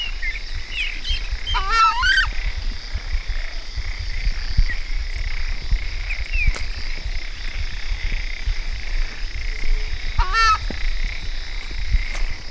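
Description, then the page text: Southern screamer uttering short, raucous honks near the start and again about eight seconds later, with scattered small bird chirps and low background noise. Argentina. "cantos chaja. Chajá Chauna torquata Southern Screamer"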